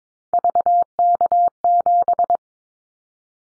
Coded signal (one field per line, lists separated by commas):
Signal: Morse code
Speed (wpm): 22 wpm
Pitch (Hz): 700 Hz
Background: none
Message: VK7